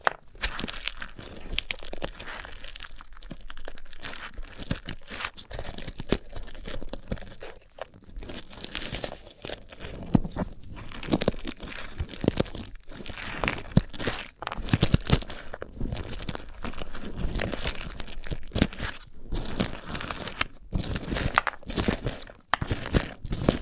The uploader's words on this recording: ASMR of a Sunflower Head (No Talking).